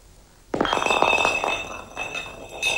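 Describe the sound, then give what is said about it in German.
A sudden glassy clink rings out, followed by a rattling, rolling clatter of an empty gin bottle rolling off a person's chest and under a folding bed, with sustained bright ringing overtones that fade slowly, with a second small clink near the end. “Eine leere Ginflasche rollte von meiner Brust unter das Klappbett, neben dem ich lag.”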